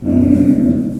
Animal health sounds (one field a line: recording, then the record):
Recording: squeal of a Yucatan mini pig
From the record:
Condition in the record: after surgery on the right vocal fold (resection and tissue-engineered implant)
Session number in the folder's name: 5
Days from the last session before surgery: 33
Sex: female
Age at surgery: 19 weeks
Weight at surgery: 25 kg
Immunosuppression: prednisolone